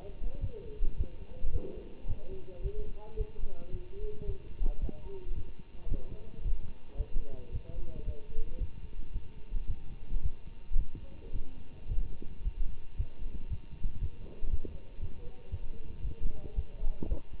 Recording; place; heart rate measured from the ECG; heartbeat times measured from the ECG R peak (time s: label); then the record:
heart sounds by stethoscope; between the tricuspid and mitral areas; 112 bpm
0.40 s: heartbeat
0.96 s: heartbeat
1.51 s: heartbeat
2.07 s: heartbeat
2.62 s: heartbeat
3.17 s: heartbeat
3.71 s: heartbeat
4.26 s: heartbeat
4.80 s: heartbeat
5.34 s: heartbeat
5.88 s: heartbeat
6.43 s: heartbeat
6.96 s: heartbeat
7.51 s: heartbeat
8.05 s: heartbeat
8.58 s: heartbeat
9.12 s: heartbeat
9.67 s: heartbeat
10.21 s: heartbeat
10.76 s: heartbeat
11.32 s: heartbeat
11.88 s: heartbeat
12.43 s: heartbeat
12.96 s: heartbeat
13.48 s: heartbeat
13.99 s: heartbeat
14.49 s: heartbeat
15.00 s: heartbeat
15.50 s: heartbeat
16.02 s: heartbeat
16.54 s: heartbeat
17.08 s: heartbeat
From the record:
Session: Bruce protocol treadmill stress test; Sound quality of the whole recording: good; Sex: male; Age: 24 years